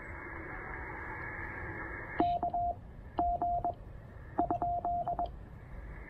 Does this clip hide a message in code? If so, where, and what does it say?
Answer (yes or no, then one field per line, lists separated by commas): yes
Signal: Morse code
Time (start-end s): 2.2-5.2 s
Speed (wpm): 21 wpm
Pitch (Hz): 690 Hz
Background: radio noise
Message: K G ?